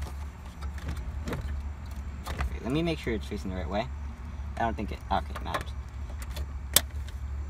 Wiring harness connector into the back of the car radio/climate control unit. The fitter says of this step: hear the snap in